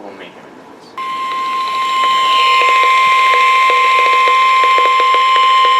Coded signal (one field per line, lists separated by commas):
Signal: Emergency Alert System (SAME) tones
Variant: 1050 Hz attention tone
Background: speech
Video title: ANOTHER CONFIRMED TORNADO... | EAS Alerts from July 29th, 2023 Severe Weather Event (EAS #502-544)